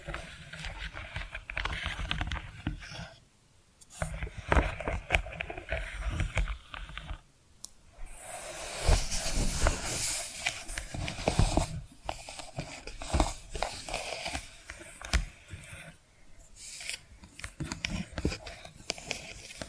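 Tapping and scratching sounds come in uneven bursts of quick, dense strokes, with a steady hissy, bright scraping texture and occasional sharper clicks. Brief pauses of near-silence break the activity around 3.5, 7.5 and 16 seconds before the scratching resumes.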